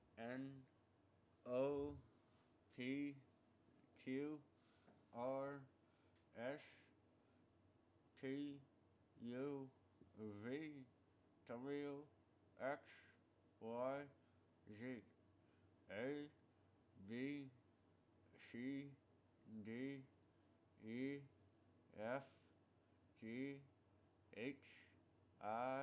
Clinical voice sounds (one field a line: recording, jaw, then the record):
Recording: letters of the alphabet, spoken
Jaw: constrained by a bite bar between the teeth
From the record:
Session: first day, right after the free take